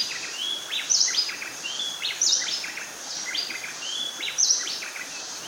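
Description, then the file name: Bay wren song of ringing whistles and slurred notes, one phrase repeated several times, with soft steady hiss underneath. "Bay Wren Cantorchilus nigricapillus"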